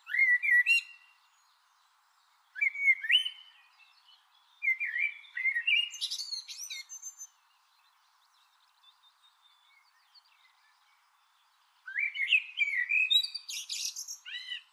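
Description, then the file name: Eurasian blackbird song: several phrases separated by pauses, each opening with low fluted whistles and ending in high scratchy twitters. "Turdus merula"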